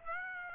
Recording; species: mosquito wingbeat signal from an infrared sensor; Aedes aegypti